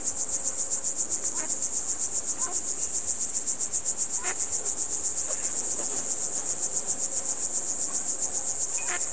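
Cricket chirping, a high, steady pulsing trill repeating several times per second throughout, with faint scattered lower sounds in the background.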